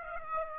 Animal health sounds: mosquito wingbeat signal from an infrared sensor; Aedes aegypti

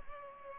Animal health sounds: mosquito wingbeat signal from an infrared sensor; Culex pipiens

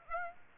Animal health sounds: mosquito wingbeat signal from an infrared sensor; Aedes aegypti

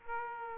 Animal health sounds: mosquito wingbeat signal from an infrared sensor; Aedes aegypti

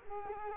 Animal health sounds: mosquito wingbeat signal from an infrared sensor; Culex quinquefasciatus

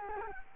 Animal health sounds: mosquito wingbeat signal from an infrared sensor; Culex quinquefasciatus

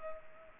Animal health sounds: mosquito wingbeat signal from an infrared sensor; Culex pipiens

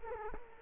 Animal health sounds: mosquito wingbeat signal from an infrared sensor; Culex quinquefasciatus

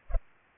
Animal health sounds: mosquito wingbeat signal from an infrared sensor; Culex pipiens

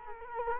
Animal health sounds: mosquito wingbeat signal from an infrared sensor; Culex quinquefasciatus

